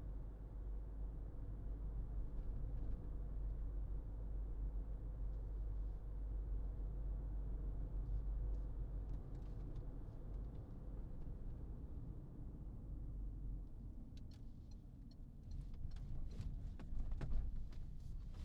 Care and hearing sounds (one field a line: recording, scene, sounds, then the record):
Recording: everyday scene through a hearing-aid microphone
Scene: in a vehicle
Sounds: engine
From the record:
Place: Berlingo II, diesel engine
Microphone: in the ear canal, left